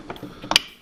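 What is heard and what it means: The plastic back battery cover of a rechargeable walkie-talkie is released by pushing its tab toward the antenna and lifting the cover off to reach the battery compartment. Faint clicks at 0.1 and 0.2 seconds lead into two sharp, bright ratchet-like clicks at 0.5 and 0.6 seconds as the cover unlatches. The cover comes free.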